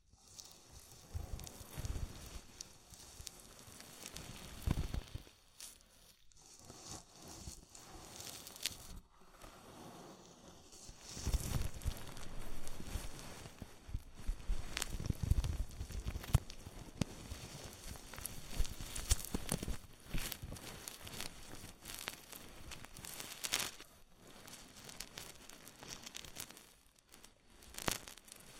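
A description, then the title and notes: An ASMR ear massage with oil and foam: dense, irregular crackling and squishing that swells and fades in uneven bursts. Brief silences break it near 6, 9 and 27 seconds. Louder, fuller stretches come around 12 and 15 seconds. ASMR Oil, Foam and Tingly Ear Massage.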